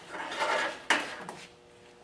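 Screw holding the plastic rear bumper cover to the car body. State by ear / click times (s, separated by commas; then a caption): stripped / none. A driver works at a Phillips screw holding the plastic top edge of a Miata's rear bumper cover to the car body, with a rough grinding scrape from about 0.1 to 0.8 s. A sharp loud slip hits at 0.9 s and a smaller tick at 1.3 s, then it fades quiet. The screw head strips out and the driver slips; nothing has seated or clicked.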